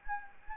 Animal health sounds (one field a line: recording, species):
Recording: mosquito wingbeat signal from an infrared sensor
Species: Anopheles gambiae